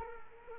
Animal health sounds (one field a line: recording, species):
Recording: mosquito wingbeat signal from an infrared sensor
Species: Culex quinquefasciatus